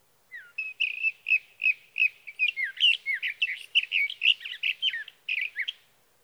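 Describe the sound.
Sage thrasher song opening with evenly spaced whistled notes that speed into a dense, jumbled warble, ending after a brief pause with two final phrases.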